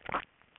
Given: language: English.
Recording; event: throat vibration sensor signal played as sound; swallow